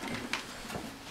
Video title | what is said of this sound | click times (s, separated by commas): Changing the antenna cable on integrated Moto 900mhz to use external antennas. | so that slides through Clips in | 0.3 s